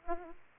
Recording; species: mosquito wingbeat signal from an infrared sensor; Aedes aegypti